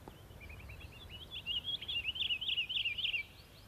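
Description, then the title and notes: Pine Grosbeak warbling: soft introductory notes build into a quick, rolling series of clear chirps and trills. "Taviokuurna. Jussi Salokorpi"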